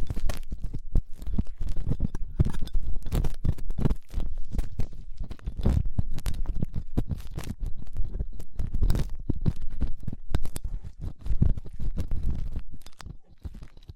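Ear cleaning sounds with latex gloves, a dental pick and cotton swabs: dense, rapid scratching and rubbing that runs without pause for the whole stretch. Low, muffled thumps sit under sharp, bright clicks and crackles that come in quick bursts, easing slightly near the end.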